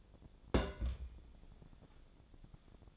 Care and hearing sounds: daily activity, microphone in the room; place on stove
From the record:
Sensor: 5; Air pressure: 1000.1 hPa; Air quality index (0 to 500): 93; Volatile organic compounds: 1 ppm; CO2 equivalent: 759 ppm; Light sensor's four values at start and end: 278/654/284/317 and 281/661/287/320

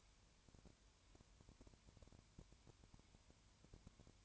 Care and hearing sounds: daily activity, microphone in the room; no activity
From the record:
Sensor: 2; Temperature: 20.3 degrees Celsius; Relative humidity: 33.8%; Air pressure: 1003.2 hPa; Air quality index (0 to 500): 82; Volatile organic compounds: 1 ppm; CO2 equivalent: 785 ppm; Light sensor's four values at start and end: 2/3/2/2 and 2/3/2/2

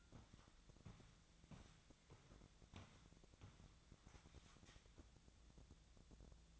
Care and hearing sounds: daily activity, microphone in the room; walk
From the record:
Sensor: 3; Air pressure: 1012.2 hPa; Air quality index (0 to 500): 184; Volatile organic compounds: 3 ppm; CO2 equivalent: 1414 ppm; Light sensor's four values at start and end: 57/150/65/69 and 56/147/64/67

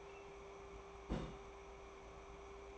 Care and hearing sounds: daily activity, microphone in the room; place on stove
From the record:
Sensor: 1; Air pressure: 1010.3 hPa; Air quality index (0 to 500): 171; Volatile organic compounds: 12 ppm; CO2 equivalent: 2358 ppm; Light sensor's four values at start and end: 58/149/62/78 and 57/146/61/76

